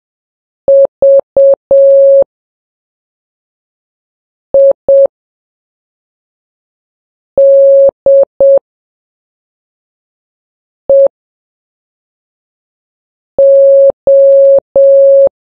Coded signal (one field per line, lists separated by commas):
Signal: Morse code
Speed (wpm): 7 wpm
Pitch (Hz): 550 Hz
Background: none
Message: VIDEO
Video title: Morse Code Practice #4 (3 WPM)